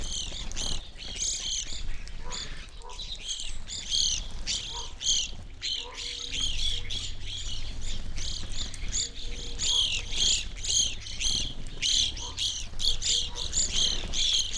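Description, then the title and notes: Evening Grosbeaks calling as a flock, rapid high chirps overlapping throughout, with faint low steady hum and soft lower notes in the background. Flock feeding busily on sunflower seeds at a feeder hung from a birch tree in a backyard, McCloud, Siskiyou County, California; relatively warm winter morning; two microphones either side of the trunk. "I recorded this at my home in the small town of McCloud in Siskiyou County, California. It was a relatively warm winter morning, and a flock of Evening Grosbeaks was busily eating a breakfast of sunflower seeds from a feeder hanging from the branch of a birch tree in my backyard."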